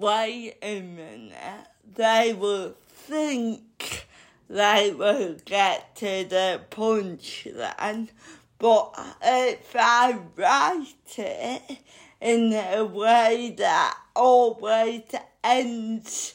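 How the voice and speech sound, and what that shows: Adult woman speaking slowly, with frequent pauses and drawn-out sounds. Dysarthria due to cerebral palsy, present all her life, which makes her speech slow.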